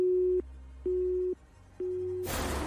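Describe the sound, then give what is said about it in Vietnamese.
A phone busy tone after the other party suddenly hangs up mid-conversation: three steady mid-pitched beeps, each about half a second with short gaps, then an abrupt burst of loud hiss. No one speaks. “Đang nói chuyện thì đột nhiên Tiên tắt máy.”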